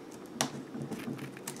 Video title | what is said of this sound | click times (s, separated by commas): How To Fix Replace Keyboard Key - Asus Laptop - Enter, Space, Shift, Backspace, Large Keys | you go oops Oh more snaps there we go okay so now it's in | 0.4 s